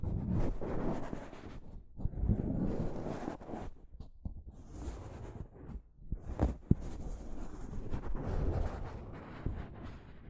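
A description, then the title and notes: Soft fabric brushes against a microphone in irregular, rumbling swipes, heavy in the lows with a dull rustle above. The strokes come in bursts about every second or two, easing off briefly around four and six seconds, with one sharp tap near 6.7 seconds. ASMR Mic Brushing using Soft Fabric (No Talking).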